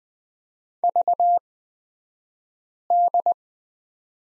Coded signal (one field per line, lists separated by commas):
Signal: Morse code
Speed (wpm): 20 wpm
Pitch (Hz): 700 Hz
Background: none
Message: VD